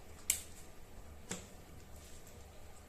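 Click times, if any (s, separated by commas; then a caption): 0.3 s. Locking pins that were removed at the start are pressed back into their holes to join the two halves of a 12A toner cartridge during refilling. A sharp, loud click at 0.3 s marks a pin going home, followed by a fainter tick at about 1.3 s over low background noise. The pin is seated.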